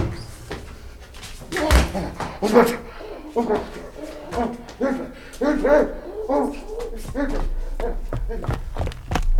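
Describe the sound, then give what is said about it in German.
A door bangs and a heavy thud follows as a man who had been standing behind the door, asleep on his feet, falls onto someone, with a few sharp knocks and scuffs mixed among excited voices talking. “Er ist auf mich gefallen. Er stand hinter der Tür.”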